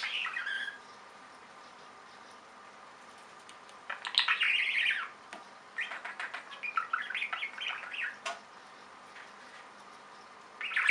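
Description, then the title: Budgerigar calls: a short squawk at the start, then warbled chirps and rasping notes from four to nine seconds, with quiet gaps between. "Budgie Sounds"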